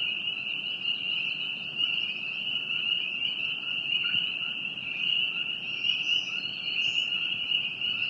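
Frog chorus: an unbroken high ringing hum, with a few faint higher notes near the end.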